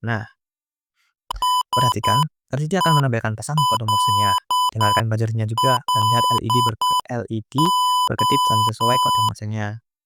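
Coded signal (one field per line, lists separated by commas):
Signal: Morse code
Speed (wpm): 8 wpm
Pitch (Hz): 1000 Hz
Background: speech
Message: SELLO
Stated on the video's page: Morse generated by a simulated Wokwi project with buzzer, LED, push button and LCD, translating typed text into sound and light.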